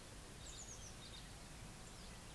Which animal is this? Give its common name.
Eurasian Blue Tit